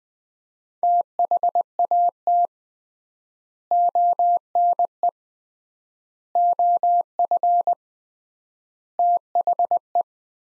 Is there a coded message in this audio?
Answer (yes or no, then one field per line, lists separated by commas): yes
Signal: Morse code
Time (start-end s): 0.8-10.0 s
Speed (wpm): 20 wpm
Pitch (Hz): 700 Hz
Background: none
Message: THAT ONE OF THE